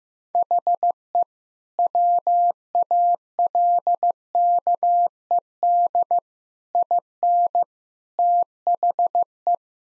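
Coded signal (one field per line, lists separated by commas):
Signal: Morse code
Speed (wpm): 16 wpm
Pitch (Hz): 700 Hz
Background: none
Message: HE WALKED IN THE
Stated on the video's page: Morse practice drill at 15 wpm of sentences containing common five-word phrases, each sentence sent twice for head-copy.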